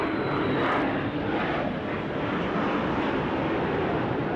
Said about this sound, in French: puis un premier drone Shahed qui passe à très basse altitude, juste au-dessus de nos têtes. Il est suivi, quelques secondes plus tard, par un avion de chasse.